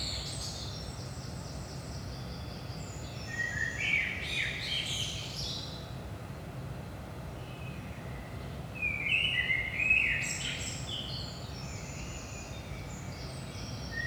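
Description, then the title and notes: Common blackbird whistling two leisurely, liquid phrases with squeaky high codas, long quiet gaps between them and a soft low background drone. Recorded at 5 am, early morning, in Saint-Gilles, Belgium, with a DPA 4060 pair in AB position into a Zoom F3. "Saint-Gilles, Belgique - 5am Blackbird. Blackbird in the morning. Merle au petit matin"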